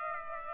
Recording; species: mosquito wingbeat signal from an infrared sensor; Aedes aegypti